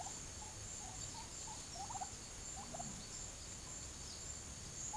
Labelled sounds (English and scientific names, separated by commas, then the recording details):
none
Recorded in pastures near Puerto Asís, Putumayo, Colombia, on 29 June 2025 at 12:00
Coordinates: 0.472, -76.331
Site G095